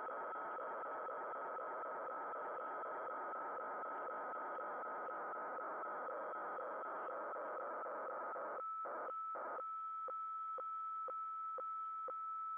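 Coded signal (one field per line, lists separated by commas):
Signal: weather fax (radiofax)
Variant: 120 lines per minute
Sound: rough scratchy warble for eight seconds, then a steady whistle ticking twice a second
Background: radio static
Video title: 8503 KHZ WEFAX Using MultiPsk and Winradio Excalibur Pro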